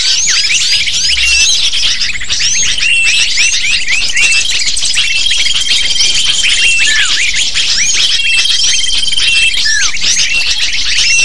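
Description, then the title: Lovebirds in a noisy chorus, piercing chirps and squeaks overlapping densely, broken by a couple of long, steady whistled tones midway. Lure call to attract lovebirds. "PIKAT BURUNG LOVEBIRD"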